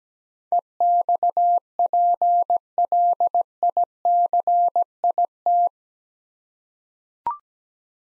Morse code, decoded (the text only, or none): EXPLICIT